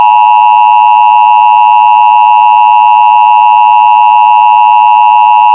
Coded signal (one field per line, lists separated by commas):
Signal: Emergency Alert System (SAME) tones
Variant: 853 and 960 Hz attention tone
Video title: EAs Scenario 1: Red Hulk Attack